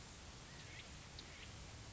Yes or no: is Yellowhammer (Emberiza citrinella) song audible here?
no